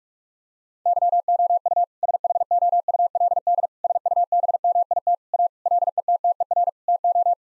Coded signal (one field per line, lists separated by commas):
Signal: Morse code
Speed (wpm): 46 wpm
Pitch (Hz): 700 Hz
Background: none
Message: YOU SHOULD SUBMIT A LETTER TO